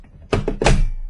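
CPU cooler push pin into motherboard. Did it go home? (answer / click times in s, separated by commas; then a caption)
yes / 0.3 s. A plastic push pin of a CPU fan cooler is pressed down into a motherboard hole, giving a sharp click at 0.3 s followed by further clicky thunks around 0.5 and 0.7 s. The pin seats in the motherboard.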